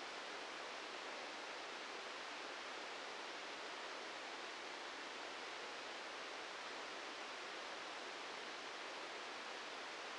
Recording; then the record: brain microelectrode recording played as sound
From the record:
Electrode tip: outside the subthalamic nucleus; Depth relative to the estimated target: 4 mm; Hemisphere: right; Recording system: NeuroSet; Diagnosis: Parkinson's disease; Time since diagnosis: 10 years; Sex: male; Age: 56 years